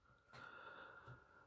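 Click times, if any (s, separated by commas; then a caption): none. An ink cartridge is pushed into the grip section of a second-hand, uncleaned and untested black metal Parker IM fountain pen. Only a faint, steady high tone and soft low rustles are heard from about 0.3 s onward, with no sharp snap. Nothing has clicked or seated yet, though the cartridge fits quite well.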